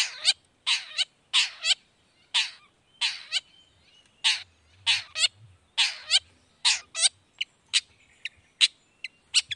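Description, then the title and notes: Long-tailed shrike giving loud rasping harsh notes in a ragged series, tailing off into shorter sharp notes. Singing actively in the morning, with a varied repertoire including 'toet toet' notes; played to provoke other long-tailed shrikes into responding. "Cendet Gacor Dor Di Kala Pagi Toet Toet Variasi Suara. Cendet Gacor Langsung Nyaut Emosi Hanya dengan Sekali Putar Bikin Cendet Lainya Cepat Respon Bunyi. Burung cendet"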